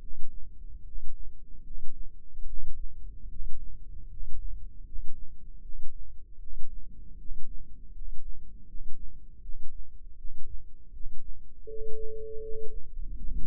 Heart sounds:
heart sounds by microphone in the left ear; 78 bpm
0.82 s: heartbeat
1.61 s: heartbeat
2.44 s: heartbeat
3.27 s: heartbeat
4.07 s: heartbeat
4.83 s: heartbeat
5.60 s: heartbeat
6.38 s: heartbeat
7.16 s: heartbeat
7.92 s: heartbeat
8.65 s: heartbeat
9.41 s: heartbeat
10.16 s: heartbeat
10.91 s: heartbeat
11.66 s: heartbeat
12.40 s: heartbeat
13.15 s: heartbeat
From the record:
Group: healthy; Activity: rest 0-12 s, Valsalva maneuver 12-14 s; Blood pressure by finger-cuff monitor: 112/62 mmHg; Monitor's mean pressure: 77 mmHg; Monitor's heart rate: 76 bpm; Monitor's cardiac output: 7.6 L/min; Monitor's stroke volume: 102 mL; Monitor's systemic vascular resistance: 730 dyn s/cm5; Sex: male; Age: 35 years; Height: 180 cm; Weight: 86.9 kg

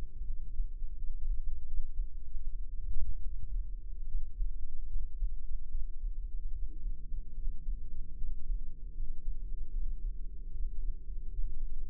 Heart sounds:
heart sounds by microphone in the left ear; 76 bpm
0.26 s: heartbeat
0.95 s: heartbeat
1.65 s: heartbeat
2.41 s: heartbeat
3.22 s: heartbeat
4.06 s: heartbeat
4.88 s: heartbeat
5.68 s: heartbeat
6.51 s: heartbeat
7.33 s: heartbeat
8.16 s: heartbeat
8.93 s: heartbeat
9.72 s: heartbeat
10.51 s: heartbeat
11.29 s: heartbeat
From the record:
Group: healthy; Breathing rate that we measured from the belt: 16 breaths a minute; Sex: male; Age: 21 years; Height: 180 cm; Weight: 67.5 kg

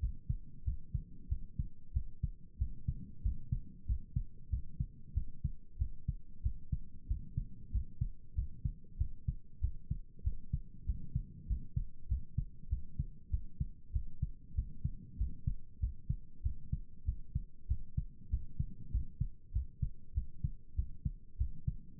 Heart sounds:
heart sounds by stethoscope; 96 bpm
0.64 s: heartbeat
1.28 s: heartbeat
1.92 s: heartbeat
2.57 s: heartbeat
3.22 s: heartbeat
3.85 s: heartbeat
4.49 s: heartbeat
5.13 s: heartbeat
5.77 s: heartbeat
6.42 s: heartbeat
7.07 s: heartbeat
7.71 s: heartbeat
8.34 s: heartbeat
8.97 s: heartbeat
9.60 s: heartbeat
10.23 s: heartbeat
10.85 s: heartbeat
11.46 s: heartbeat
12.07 s: heartbeat
12.68 s: heartbeat
13.30 s: heartbeat
13.92 s: heartbeat
14.54 s: heartbeat
15.17 s: heartbeat
15.79 s: heartbeat
16.42 s: heartbeat
17.05 s: heartbeat
17.67 s: heartbeat
18.29 s: heartbeat
18.91 s: heartbeat
19.52 s: heartbeat
20.13 s: heartbeat
20.75 s: heartbeat
21.37 s: heartbeat
21.99 s: heartbeat
From the record:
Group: healthy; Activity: rest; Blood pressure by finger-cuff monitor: 100/68 mmHg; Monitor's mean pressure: 77 mmHg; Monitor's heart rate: 96 bpm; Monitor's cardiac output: 7.6 L/min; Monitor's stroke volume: 80 mL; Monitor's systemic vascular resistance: 730 dyn s/cm5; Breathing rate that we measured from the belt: 16 breaths a minute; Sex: male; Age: 19 years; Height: 178 cm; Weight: 83 kg

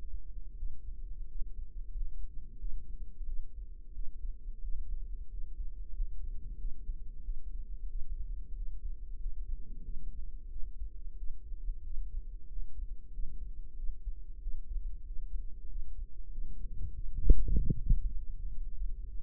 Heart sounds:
heart sounds by microphone in the right ear; 92 bpm
0.54 s: heartbeat
1.26 s: heartbeat
1.91 s: heartbeat
2.56 s: heartbeat
3.24 s: heartbeat
3.91 s: heartbeat
4.59 s: heartbeat
5.28 s: heartbeat
5.92 s: heartbeat
6.55 s: heartbeat
7.21 s: heartbeat
7.87 s: heartbeat
8.53 s: heartbeat
9.16 s: heartbeat
9.81 s: heartbeat
10.47 s: heartbeat
11.14 s: heartbeat
11.81 s: heartbeat
12.47 s: heartbeat
13.10 s: heartbeat
13.74 s: heartbeat
14.38 s: heartbeat
15.03 s: heartbeat
15.66 s: heartbeat
16.28 s: heartbeat
16.92 s: heartbeat
17.53 s: heartbeat
18.14 s: heartbeat
18.73 s: heartbeat
From the record:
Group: healthy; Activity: rest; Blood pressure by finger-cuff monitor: 113/63 mmHg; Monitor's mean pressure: 80 mmHg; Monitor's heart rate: 93 bpm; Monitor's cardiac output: 7.7 L/min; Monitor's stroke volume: 83 mL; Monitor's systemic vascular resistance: 750 dyn s/cm5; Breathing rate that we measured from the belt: 17 breaths a minute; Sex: female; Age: 26 years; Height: 165 cm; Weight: 55 kg

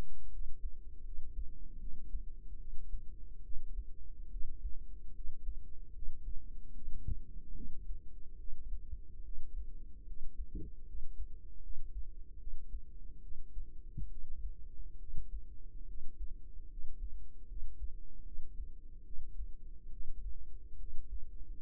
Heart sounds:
heart sounds by microphone in the right ear; 73 bpm
0.31 s: heartbeat
1.04 s: heartbeat
1.79 s: heartbeat
2.58 s: heartbeat
3.43 s: heartbeat
4.30 s: heartbeat
5.14 s: heartbeat
5.93 s: heartbeat
6.73 s: heartbeat
7.55 s: heartbeat
8.38 s: heartbeat
9.23 s: heartbeat
10.06 s: heartbeat
10.85 s: heartbeat
11.62 s: heartbeat
12.38 s: heartbeat
13.21 s: heartbeat
14.09 s: heartbeat
14.98 s: heartbeat
15.86 s: heartbeat
16.69 s: heartbeat
17.47 s: heartbeat
18.24 s: heartbeat
19.04 s: heartbeat
19.90 s: heartbeat
20.78 s: heartbeat
From the record:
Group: healthy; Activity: rest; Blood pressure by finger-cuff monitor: 136/53 mmHg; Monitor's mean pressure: 77 mmHg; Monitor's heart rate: 73 bpm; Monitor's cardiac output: 9.2 L/min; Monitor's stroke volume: 126 mL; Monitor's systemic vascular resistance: 600 dyn s/cm5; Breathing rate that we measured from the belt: 11 breaths a minute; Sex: female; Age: 32 years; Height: 168 cm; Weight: 61.9 kg

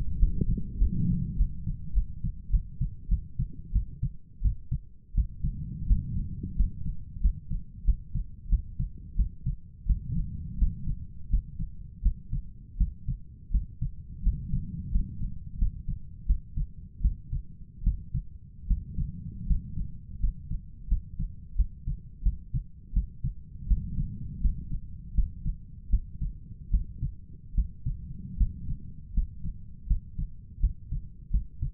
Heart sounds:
heart sounds by stethoscope; 85 bpm
0.19 s: heartbeat
0.78 s: heartbeat
1.37 s: heartbeat
1.94 s: heartbeat
2.51 s: heartbeat
3.09 s: heartbeat
3.73 s: heartbeat
4.42 s: heartbeat
5.15 s: heartbeat
5.87 s: heartbeat
6.56 s: heartbeat
7.21 s: heartbeat
7.85 s: heartbeat
8.49 s: heartbeat
9.16 s: heartbeat
9.86 s: heartbeat
10.58 s: heartbeat
11.30 s: heartbeat
12.02 s: heartbeat
12.78 s: heartbeat
13.51 s: heartbeat
14.23 s: heartbeat
14.91 s: heartbeat
15.58 s: heartbeat
16.26 s: heartbeat
17.02 s: heartbeat
17.84 s: heartbeat
18.67 s: heartbeat
19.47 s: heartbeat
20.20 s: heartbeat
20.88 s: heartbeat
21.56 s: heartbeat
22.23 s: heartbeat
22.93 s: heartbeat
23.67 s: heartbeat
24.41 s: heartbeat
25.15 s: heartbeat
25.90 s: heartbeat
26.71 s: heartbeat
27.55 s: heartbeat
28.37 s: heartbeat
29.14 s: heartbeat
29.87 s: heartbeat
30.60 s: heartbeat
31.31 s: heartbeat
From the record:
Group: healthy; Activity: rest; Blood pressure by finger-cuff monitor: 118/65 mmHg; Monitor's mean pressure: 77 mmHg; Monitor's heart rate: 83 bpm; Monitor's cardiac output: 7.9 L/min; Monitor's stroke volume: 94 mL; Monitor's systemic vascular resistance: 710 dyn s/cm5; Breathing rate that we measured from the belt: 13 breaths a minute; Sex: male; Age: 23 years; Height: 179 cm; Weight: 87 kg

